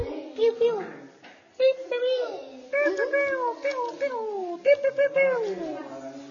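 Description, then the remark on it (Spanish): A child's voice imitates bird calls with a string of squeaky, sliding vocal chirps that rise and fall in pitch, broken by brief pauses and fairly loud throughout. “¿Y cómo hacían los pajaritos?”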